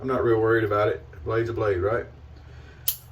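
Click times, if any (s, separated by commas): 2.9 s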